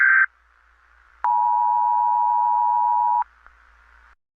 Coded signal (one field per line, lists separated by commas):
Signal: Emergency Alert System (SAME) tones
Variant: 853 and 960 Hz attention tone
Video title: U.S Constitution Suspended || Eas Scenario